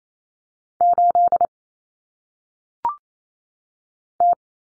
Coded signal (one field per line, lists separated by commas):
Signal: Morse code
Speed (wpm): 28 wpm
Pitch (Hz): 700 Hz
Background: none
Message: 8 T